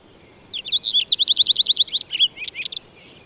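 Bird song: one quick trill of high, sharp repeated notes that breaks into a few scattered chirps at the end.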